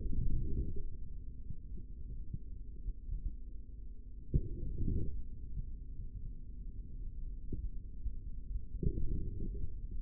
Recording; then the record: forearm muscle sounds (acoustic myography)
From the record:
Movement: forearm pronation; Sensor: system 3, bracelet of six PUI Audio POM-2738L microphones around the upper forearm, with dedicated amplification and filtering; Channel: 5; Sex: male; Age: 25 years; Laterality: right